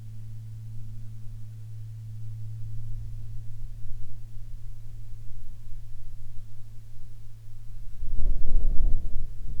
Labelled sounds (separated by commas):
aircraft